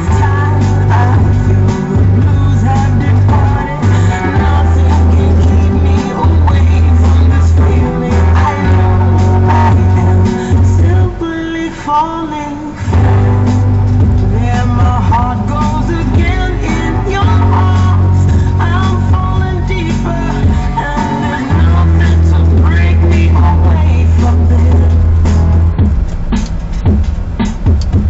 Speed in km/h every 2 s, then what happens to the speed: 0, 0, 3, 0, 0, 0, 0, 0, 0, 0, 0, 3, 13, 17.
0-21 standing. 21-28 pulls away to 17.